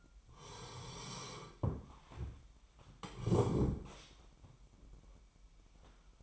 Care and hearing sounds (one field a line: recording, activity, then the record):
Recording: daily activity, microphone in the room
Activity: sit down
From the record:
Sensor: 1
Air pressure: 998.6 hPa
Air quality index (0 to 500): 120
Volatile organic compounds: 3 ppm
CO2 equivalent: 1444 ppm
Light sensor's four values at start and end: 9/20/9/10 and 10/25/11/12